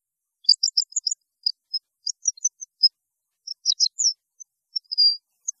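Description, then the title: European goldfinch song, scattered thin, high tinkling notes in short loose clusters, with brief gaps between them. "Chant Chardonneret"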